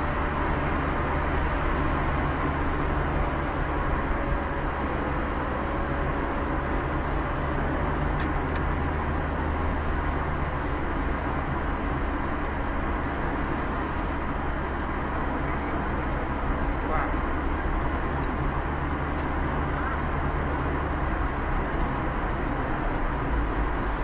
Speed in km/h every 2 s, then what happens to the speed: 20, 22, 25, 25, 25, 26, 27, 28, 28, 28, 32, 38.
0-18 steady at about 25. 18-24 speeds up to 38.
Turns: none.